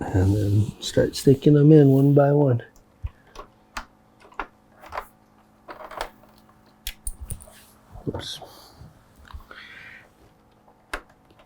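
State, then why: Not seated. Someone talks at the start, then a plastic trim clip is handled and pushed back into the center tail panel of a Yamaha R6 motorcycle, producing a series of short, sharp taps and knocks. The clip has not yet clicked into place.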